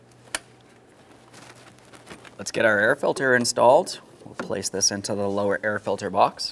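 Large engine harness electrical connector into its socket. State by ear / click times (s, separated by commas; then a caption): seated / 0.3 s. A large plastic engine harness electrical connector on the rear side of a 3.7L V6 engine in a 2007-2013 Acura MDX is pressed into its socket by hand and gives a sharp click at 0.4 s, seating securely. A few faint handling ticks follow before someone talks.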